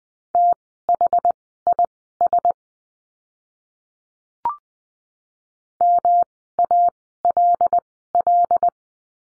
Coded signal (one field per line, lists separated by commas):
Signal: Morse code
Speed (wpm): 20 wpm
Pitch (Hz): 700 Hz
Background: none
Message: THIS MALL